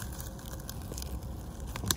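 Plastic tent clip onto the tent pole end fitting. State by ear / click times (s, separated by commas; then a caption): seated / 1.9 s. A small plastic clip at the bottom end of a Nemo Dagger 2-person tent pole is hooked one-handed into its seat on the pole end fitting, since the other hand is holding the camera. A few quieter fumbling taps around 0.7, 1.0 and 1.8 seconds lead up to a loud, sharp click at 1.9 seconds. The clip snaps in and is seated and secure.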